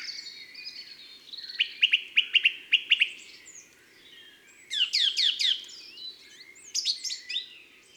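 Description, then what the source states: Song thrush singing: short bright phrases, each note repeated several times in quick succession, with pauses between phrase groups. February.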